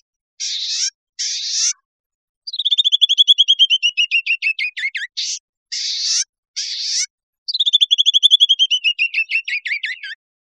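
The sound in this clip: Bird giving harsh buzzy rasps alternating with long rapid trills of descending notes, repeated twice, with no other sounds.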